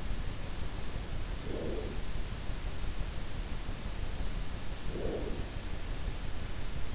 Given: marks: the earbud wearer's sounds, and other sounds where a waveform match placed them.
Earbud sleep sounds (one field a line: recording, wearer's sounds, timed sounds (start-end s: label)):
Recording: sounds in sleep by an in-ear microphone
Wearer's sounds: breath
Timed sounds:
1.05-2.48 s: breath
4.43-5.79 s: breath